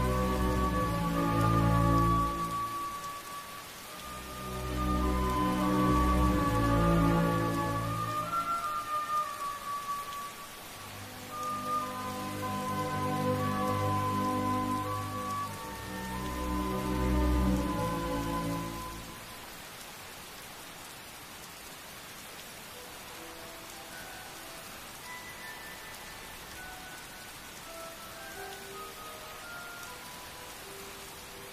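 Steady rain patters throughout a rainy night. For the first nineteen seconds, low, droning swells of tone rise and fade in waves beneath it. After that, only the even hiss of rain remains, with faint ringing notes here and there.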